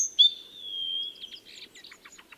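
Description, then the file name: Great tit call: a high thin whistle drawn out for about a second, followed by a fast run of short buzzy chattering notes that fade away. "Parus major"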